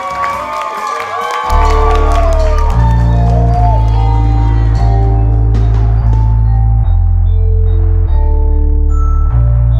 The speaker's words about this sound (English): Please start clapping your hands now.